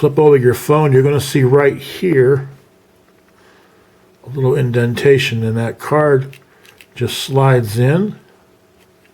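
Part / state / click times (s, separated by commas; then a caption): SIM card into phone card slot / not seated / none. A SIM card is handled at the plastic card slot on the back of an LG L34C phone while someone talks, with quiet gaps between phrases. The card is slid toward the slot but nothing has seated or clicked yet.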